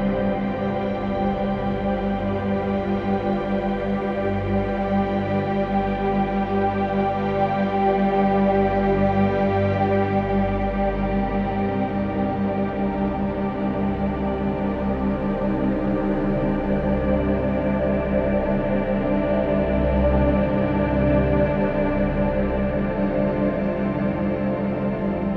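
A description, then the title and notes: Meditation music built from binaural-beat tones: a thick, unbroken drone of many stacked sustained tones, with a strong steady tone in the low middle. A softer rolling rumble swells and fades underneath, and the level holds even throughout with no distinct events. Healing Theta Binaural Beats. Theta Range Binaural Beats Meditation Music.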